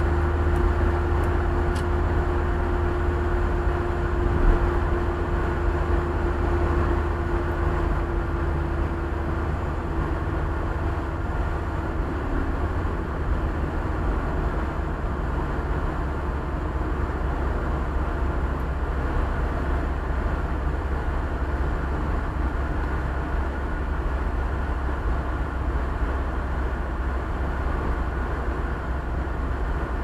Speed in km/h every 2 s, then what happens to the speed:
75, 76, 76, 75, 74, 72, 70, 68, 68, 67, 66, 65, 65, 63, 63.
0-5 steady at about 76. 5-14 slows to 68. 14-30 steady at about 65.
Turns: none.